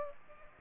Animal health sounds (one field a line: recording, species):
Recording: mosquito wingbeat signal from an infrared sensor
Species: Aedes aegypti